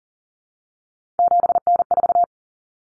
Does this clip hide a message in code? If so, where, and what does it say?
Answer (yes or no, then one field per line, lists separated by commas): yes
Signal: Morse code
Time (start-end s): 1.2-2.2 s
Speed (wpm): 40 wpm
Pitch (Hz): 700 Hz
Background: none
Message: 7N4